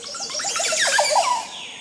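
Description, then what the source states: Montezuma Oropendola song, a quick run of liquid, gurgling notes that then fade. Male displaying for a female while swinging from a tree branch in a Central American forest; holding forth in a tree with twenty or more hanging woven nests.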